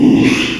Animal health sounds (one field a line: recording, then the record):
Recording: squeal of a Yucatan mini pig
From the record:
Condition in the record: after surgery on the right vocal fold (resection and tissue-engineered implant)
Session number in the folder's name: 1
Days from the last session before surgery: 6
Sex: male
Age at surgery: 12 weeks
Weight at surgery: 13 kg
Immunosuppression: cyclosporine, prednisolone